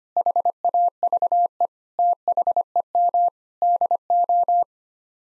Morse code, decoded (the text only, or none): HAVE THEM DO